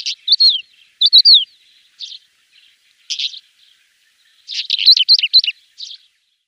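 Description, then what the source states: Pied wheatear song, clear downslurred whistles followed by scratchy notes, then a longer jumbled phrase of rapid high warbling near the end. Song; recorded by Peter Schulze.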